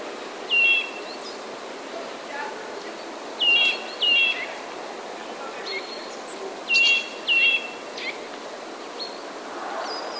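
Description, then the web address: Eurasian nuthatch making rasping, descending screeches, a single call then two pairs, with soft background chirps and hiss. "wroblowe kowalik kowalikskrzeczy"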